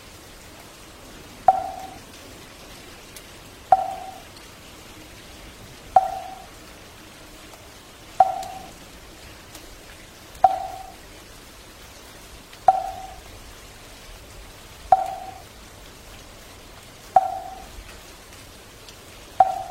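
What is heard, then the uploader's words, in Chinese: A wooden fish is struck at a slow, steady pace, about once every two seconds, each knock a hollow mid-pitched tok that dies away quickly. Behind it, a soft, even hiss of rain continues throughout without change. 木鱼伴随着雨。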